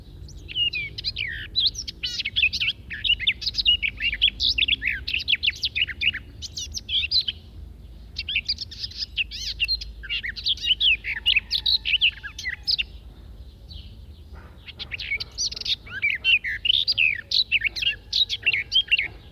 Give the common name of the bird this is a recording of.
Garden Warbler